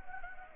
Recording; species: mosquito wingbeat signal from an infrared sensor; Anopheles gambiae